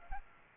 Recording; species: mosquito wingbeat signal from an infrared sensor; Aedes aegypti